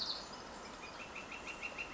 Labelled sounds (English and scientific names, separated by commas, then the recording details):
Northern Flicker (Colaptes auratus)
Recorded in Sonoma County, California